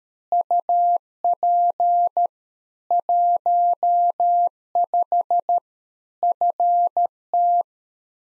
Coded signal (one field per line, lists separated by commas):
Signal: Morse code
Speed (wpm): 13 wpm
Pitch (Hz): 700 Hz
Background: none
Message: UP 15 FT